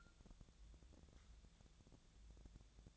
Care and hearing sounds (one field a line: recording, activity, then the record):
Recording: daily activity, microphone in the room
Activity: take from stove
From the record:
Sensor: 3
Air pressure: 999.9 hPa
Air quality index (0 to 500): 125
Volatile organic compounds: 2 ppm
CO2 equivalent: 1122 ppm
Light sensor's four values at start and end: 38/95/41/45 and 38/96/41/45